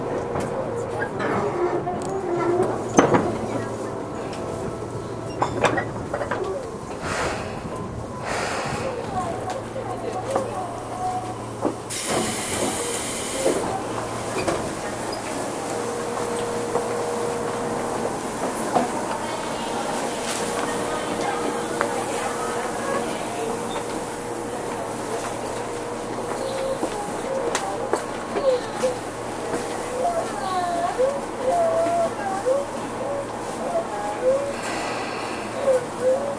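Running sound recorded aboard a Tobu 20000 series train, a steady low rumble with a faint hum throughout. Sharp clicks and knocks punctuate the first twelve seconds, a brief hiss bursts around twelve seconds, and a thin whining tone rises and wavers through the second half.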